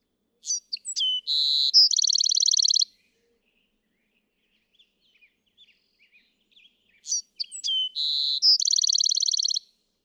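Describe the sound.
Bewick's wren repeating the same song twice, each with quick thin notes, a buzz and a dry rapid trill, quiet chips between.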